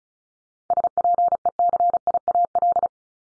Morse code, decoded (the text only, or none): SPECIAL